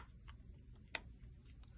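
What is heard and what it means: A 7.2 V, 1020 mAh lithium battery pack is inserted into the battery compartment of a Sony A6400 mirrorless camera, and it seats with one sharp click at 0.9 s. Fainter ticks come at about 0.3 s and 1.6 s over a low background rumble. The battery door on this camera must then be locked by hand.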